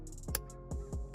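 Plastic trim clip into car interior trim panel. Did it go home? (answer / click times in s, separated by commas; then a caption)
yes / 0.4 s. During the start-stop button and steering wheel trim job on a BMW E90, a plastic trim piece is aligned and pressed down into the car's interior trim panel. Over regular background music beats, a sharp, loud click rings out at 0.4 seconds as the trim clip engages, and the piece is seated.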